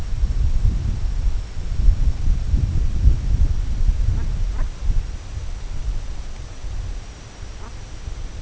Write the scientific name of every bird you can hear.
Branta bernicla